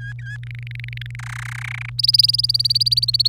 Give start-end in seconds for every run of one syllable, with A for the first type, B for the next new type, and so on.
0.00-0.37 A, 0.43-1.15 B, 1.19-1.90 C, 1.98-3.29 D